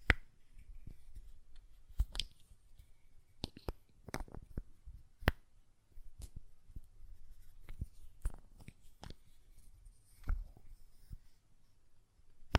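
A glass perfume bottle is tapped and its lid handled, giving sharp, bright clicks at irregular moments, some in quick pairs. Louder knocks land near two, four, five and ten seconds, with quieter taps and faint rustling in between and a low hum underneath.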